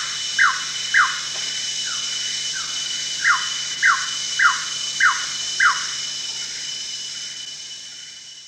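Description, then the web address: Greater racket-tailed drongo giving a run of several descending slurred notes against a constant shrill drone. Recorded at Danum on 1 January 2008. "DANUM 20080101. greater racket-tailed drongo"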